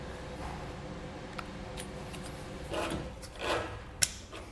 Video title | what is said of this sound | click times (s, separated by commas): Hopkins Endurance 5th Wheel/Gooseneck 90-Degree Wiring Harness Installation - 2020 Chevrolet Silvera | our new plug plug it into place till it clicks | 4.0 s